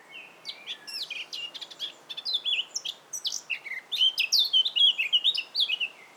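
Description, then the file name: Eurasian blackcap song: a long run of quick scratchy chattering notes that builds into clear, loud fluty whistled phrases sliding up and down toward the end. "Sylvia atricapilla"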